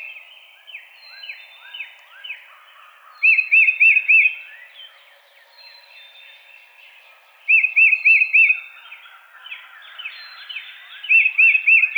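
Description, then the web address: Tufted titmouse song: short phrases of several clear arched whistles, repeated about every four seconds over a busy background of slurred notes. Recorded 22 March 2007. "Tufted Titmouse 2007 03 22"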